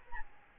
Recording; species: mosquito wingbeat signal from an infrared sensor; Aedes albopictus